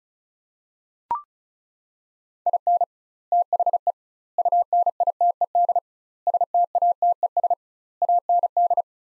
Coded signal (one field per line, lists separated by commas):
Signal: Morse code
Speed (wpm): 36 wpm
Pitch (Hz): 700 Hz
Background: none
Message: IN THE UNITED STATES AND